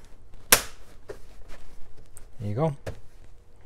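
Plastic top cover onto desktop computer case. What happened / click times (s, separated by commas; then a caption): The plastic cover snapped into place / 0.5 s. A plastic top cover is hooked at the front and pushed down at the back onto a Macintosh LC desktop computer case until it latches into place with a sharp click at 0.5 s. Someone then talks briefly, and the cover is seated.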